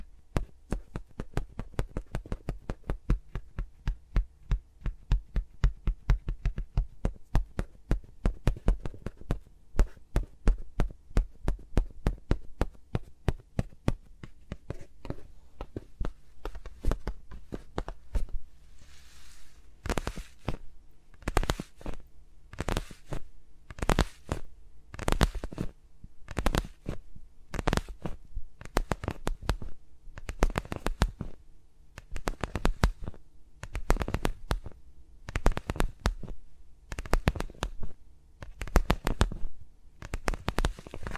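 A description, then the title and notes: Fingers brush and tap against microphones with no talking. For the first twenty seconds the crisp ticks come fast and close together. After that they change to slower, fuller scratchy swipes at a steady pace of roughly one or two per second. ASMR with Mics Around My Fingers (No Talking).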